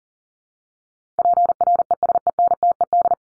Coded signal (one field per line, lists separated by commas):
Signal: Morse code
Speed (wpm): 40 wpm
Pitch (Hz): 700 Hz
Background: none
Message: PRESENTED